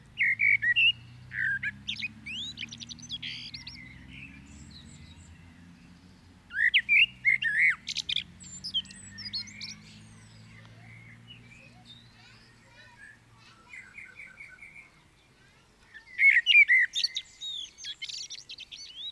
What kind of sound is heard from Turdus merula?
song